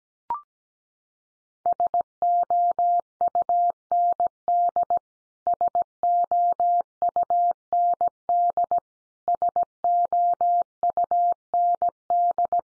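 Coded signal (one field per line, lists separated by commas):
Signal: Morse code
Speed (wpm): 17 wpm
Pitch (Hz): 700 Hz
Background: none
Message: SOUND SOUND SOUND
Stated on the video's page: Morse practice drill of the 100 most common English words at 17 wpm, each sent three times, spoken, then sent again.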